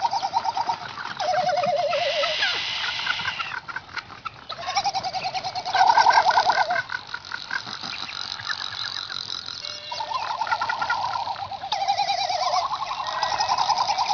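Frigatebird warbling calls: short quavering trills recurring among dense chattering and rattling.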